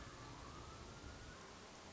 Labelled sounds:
Common Raven
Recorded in Sonoma County, California

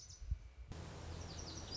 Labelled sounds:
Lazuli Bunting
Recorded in Sonoma County, California

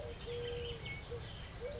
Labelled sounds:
Eurasian Collared Dove
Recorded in Sonoma County, California

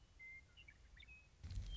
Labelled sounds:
Western Meadowlark
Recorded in Sonoma County, California

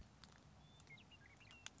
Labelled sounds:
Western Meadowlark
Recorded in Sonoma County, California

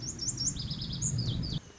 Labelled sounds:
Lazuli Bunting
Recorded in Sonoma County, California

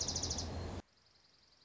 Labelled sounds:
Dark-eyed Junco
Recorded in Sonoma County, California

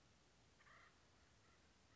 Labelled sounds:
Acorn Woodpecker
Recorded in Sonoma County, California

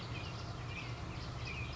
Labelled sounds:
Black-headed Grosbeak
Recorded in Sonoma County, California

